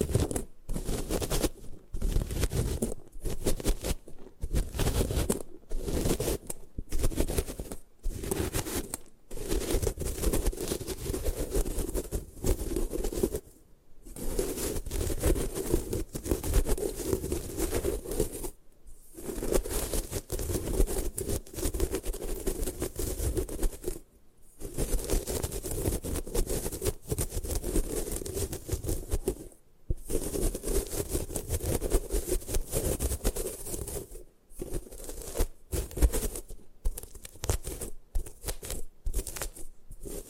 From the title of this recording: Destroy Gym Chalk